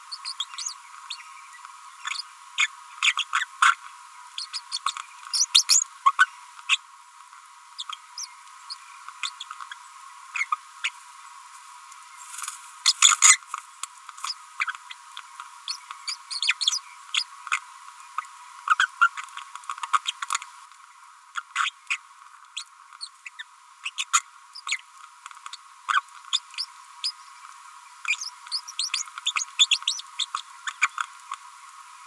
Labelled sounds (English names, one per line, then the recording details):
Green-rumped Parrotlet babbling
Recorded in a nest box in Venezuela
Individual 18B25A5